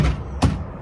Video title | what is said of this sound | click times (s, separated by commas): 2020 Jeep Gladiator - A Detailed Review | it'll snap into place and it just locks and | 0.4 s